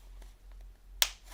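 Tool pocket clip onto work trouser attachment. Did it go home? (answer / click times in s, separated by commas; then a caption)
yes / 1.0 s. A second detachable tool pocket is clipped onto a work trouser attachment the same way as the first, and it seats with one sharp, bright click at 1.0 s. Before the click there are only faint, quiet rustles.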